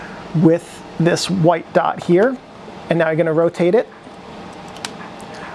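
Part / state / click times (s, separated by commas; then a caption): interchangeable lens into film SLR camera bayonet mount / seated / 4.9 s. A metal bayonet interchangeable lens is lined up by its white dot with the mount dot on a Nikon F4 film SLR camera and rotated while someone talks. A sharp click at 4.9 s marks the lens release button popping out as the lens locks onto the bayonet mount and can no longer be removed.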